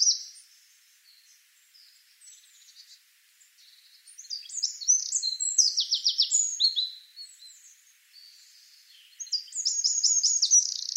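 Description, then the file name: Eurasian wren song: soft high twitters building into a loud, rapid series of sharp repeated notes, a pause, then another fast bright trill at the end. "Troglodytes troglodytes"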